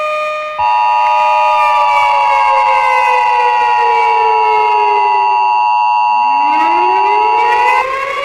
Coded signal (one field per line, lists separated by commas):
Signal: Emergency Alert System (SAME) tones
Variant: 853 and 960 Hz attention tone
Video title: POV: You piss off Othello (one of my cats): A Shitpost EAS Scenario